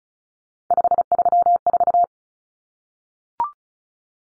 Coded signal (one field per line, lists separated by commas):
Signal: Morse code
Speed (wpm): 34 wpm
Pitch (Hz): 700 Hz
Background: none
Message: 534